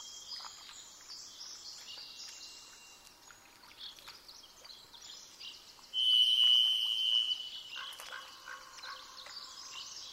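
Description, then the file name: Varied thrush song: one long, steady, buzzy whistled note held for over a second midway, over a busy chorus of high twittering birds. "jh-040427-variedthrush"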